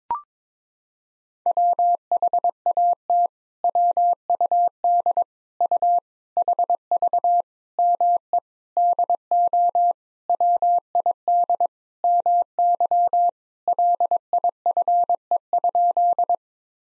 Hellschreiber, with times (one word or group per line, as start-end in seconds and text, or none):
none